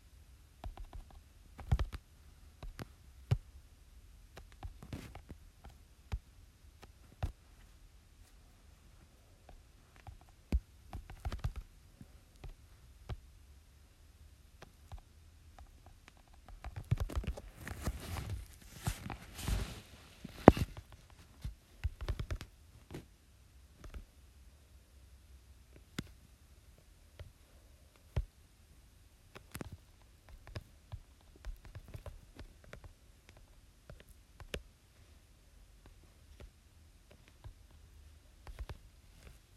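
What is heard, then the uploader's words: Soft screen tapping and typing, heard as quiet clicks scattered irregularly across the recording with short pauses between bursts. Around seventeen to twenty-one seconds the taps come faster and denser, then thin out again. A low, steady hum sits underneath throughout. 𝗹𝗼𝗳𝗶 𝘀𝗰𝗿𝗲𝗲𝗻 𝘁𝗮𝗽𝗽𝗶𝗻𝗴 𝗮𝗻𝗱 𝘁𝘆𝗽𝗶𝗻𝗴 𝗔𝗦𝗠𝗥. 𝚜𝚌𝚛𝚎𝚎𝚗 𝚝𝚊𝚙𝚙𝚒𝚗𝚐 𝚊𝚗𝚍 𝚝𝚢𝚙𝚒𝚗𝚐 𝚊𝚜𝚖𝚛 𝚜𝚘𝚞𝚗𝚍𝚜.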